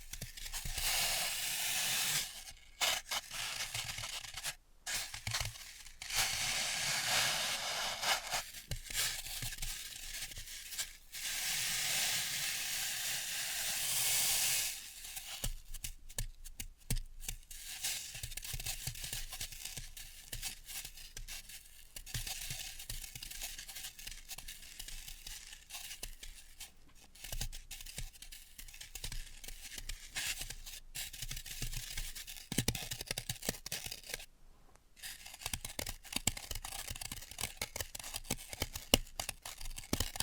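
Floral foam is cut and crushed, giving crisp, bright crunching and tearing sounds with frequent short gaps. The first fifteen seconds are louder and denser, with breathy scraping; after that the crumbling turns quieter and more scattered, broken by sharp clicks and brief silences.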